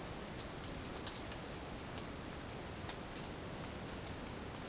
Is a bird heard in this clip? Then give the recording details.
no. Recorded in secondary vegetation near Puerto Asís, Putumayo, Colombia, on 30 June 2025 at 13:30. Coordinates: 0.500, -76.326. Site GP08